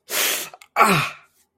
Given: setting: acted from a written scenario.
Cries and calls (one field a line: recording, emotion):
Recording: vocal sound without words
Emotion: pain